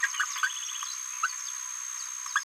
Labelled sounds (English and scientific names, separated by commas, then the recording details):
Green-rumped Parrotlet (Forpus passerinus) babbling
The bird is a female
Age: 27 days
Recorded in a nest box in Venezuela
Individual 17B73B3